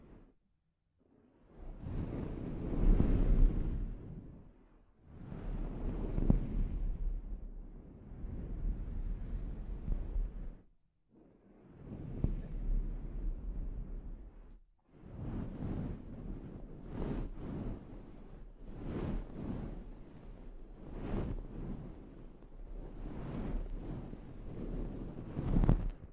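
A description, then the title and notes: A scalp treatment: long rushing rubbing strokes separated by brief pauses, turning into quicker, regular brushing passes after about fifteen seconds. ASMR Sleep Inducing Scalp Treatment (No Talking).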